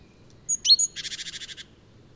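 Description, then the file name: Great tit call: a thin high whistle and sharp clipped notes, then a rapid buzzy churr of about ten even pulses. "Parus major"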